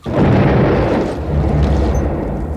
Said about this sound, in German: Der scharfe, dumpfe Knall der Explosion hinter uns schreckte uns alle auf. Eine Rauchwolke schoss aus den Luken der Brigg empor.